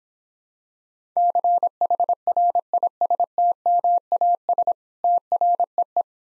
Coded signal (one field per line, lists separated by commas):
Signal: Morse code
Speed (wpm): 26 wpm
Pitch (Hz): 700 Hz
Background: none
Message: CHRISTMAS TREE